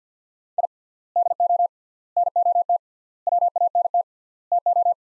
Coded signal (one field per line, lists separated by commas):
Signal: Morse code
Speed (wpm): 50 wpm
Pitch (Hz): 700 Hz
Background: none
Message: I DO NOT WANT TO